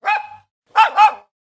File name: Dog Barking